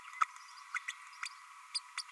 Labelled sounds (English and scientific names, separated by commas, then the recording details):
Green-rumped Parrotlet (Forpus passerinus) babbling
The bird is a female
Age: 29 days
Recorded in a nest box in Venezuela
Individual 17B32A7